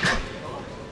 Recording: coughing mixed with background sound